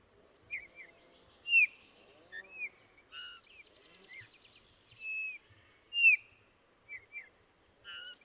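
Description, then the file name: Eurasian bullfinch calls: soft, clear whistled notes, some slurring downward, spaced irregularly every second or so, with faint higher twittering from other birds in the background. "Pyrrhula pyrrhula"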